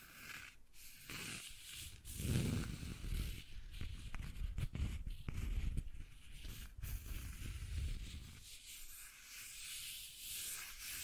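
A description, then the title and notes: Rough scratching and tracing over a surface, with a dense, gritty rubbing that swells around two and five seconds. Short dry clicks and scrapes break in every second or so, and the sound thins out and turns hissier near the end. ASMR 1 Hour Scratching and Tracing Sounds (No Talking).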